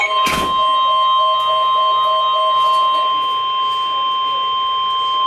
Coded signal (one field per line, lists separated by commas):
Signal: Emergency Alert System (SAME) tones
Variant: 1050 Hz attention tone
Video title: EAS Alert #170-171 (Tornado Warnings with Tornado on the Ground)